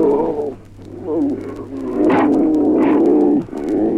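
Animal calls, long wavering moan-like tones with rich harmonics, in a few sustained stretches with brief dips between, over a steady low hum.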